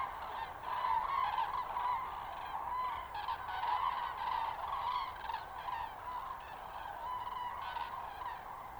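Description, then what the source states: Common cranes give a steady chorus of overlapping bugling calls, softer and blended, with a few clearer trumpeting notes rising above the mass. Juvenile and adult cranes, Linum, 20 October 2019.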